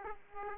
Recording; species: mosquito wingbeat signal from an infrared sensor; Aedes aegypti